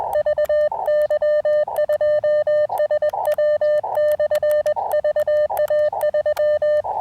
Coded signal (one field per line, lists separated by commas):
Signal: Morse code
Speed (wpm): 21 wpm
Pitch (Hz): 590 Hz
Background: none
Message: VY2SW/VA3